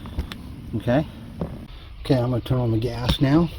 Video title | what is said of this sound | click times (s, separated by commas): How to start and stop a Champion generator. | until it snaps | 0.3 s